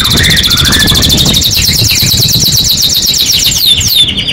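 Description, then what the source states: Domestic canary delivering a continuous rapid, rolling high trill of evenly repeated notes, ending with a few sharp chirps, over low background noise. Singing continuously (gacor); first-place champion.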